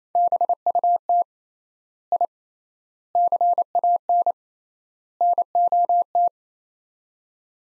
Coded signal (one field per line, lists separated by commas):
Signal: Morse code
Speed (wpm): 28 wpm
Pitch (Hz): 700 Hz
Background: none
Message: BUT I CAN NOT